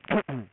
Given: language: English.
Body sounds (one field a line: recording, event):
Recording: throat vibration sensor signal played as sound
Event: throat clearing